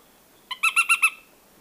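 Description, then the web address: Nariño tapaculo giving a quick series of five harsh, nasal notes, the first short and soft, the rest louder and evenly spaced. Recorded in Ecuador. "Birds of Ecuador Narino Tapaculo"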